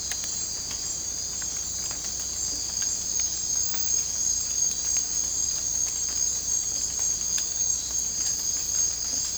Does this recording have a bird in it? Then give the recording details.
no. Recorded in dense forest near Puerto Asís, Putumayo, Colombia, on 18 December 2024 at 03:00. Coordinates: 0.466, -76.327. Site G075